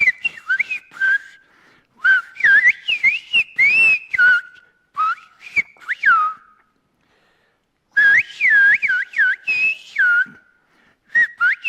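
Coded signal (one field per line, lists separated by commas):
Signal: whistled language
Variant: Sfyria (Greek)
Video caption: [σφυρίγματα] [σφυρίγματα] [σφυρίγματα]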